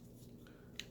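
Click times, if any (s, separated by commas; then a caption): 0.8 s. The upper turret piece of a plastic transforming toy tank is popped slightly out of its locked seat in the turret mount so it can spin. After a faint tick near 0.5 s, a single sharp plastic click comes at 0.8 s as the turret releases from its locked position.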